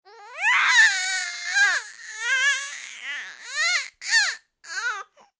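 A three-month-old baby, upset, cries in a long high-pitched wail, then several shorter sobbing bursts with quick breaks for breath, the pitch wavering and rising. This is ordinary crying of an upset infant.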